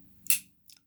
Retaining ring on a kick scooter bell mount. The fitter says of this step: до щелчка. Все, у нас здесь уже нет никакого люфта.